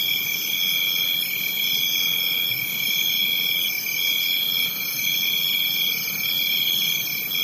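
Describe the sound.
Cricket chorus: shrill, continuous high trilling with overlapping callers, one voice swelling and pausing about once a second against the steady hum of the rest.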